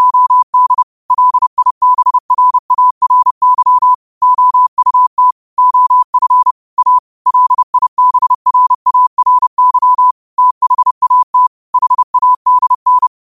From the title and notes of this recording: 30 WPM morse code quotes. Morse Code at 30 words per minute.